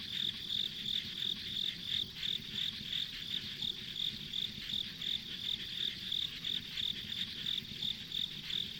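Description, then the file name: Chirping insects, sharp high pulses in an even rhythm of about three per second, backed by a persistent shrill whine. Ambient insect sounds on a rural country road. "田舎道の虫の環境音"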